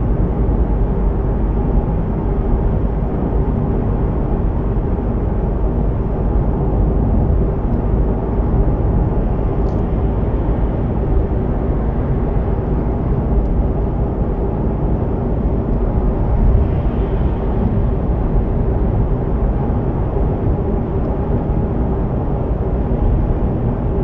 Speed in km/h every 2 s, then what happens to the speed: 84, 86, 87, 88, 90, 91, 92, 94, 95, 97, 98, 99.
0-24 speeds up to 99.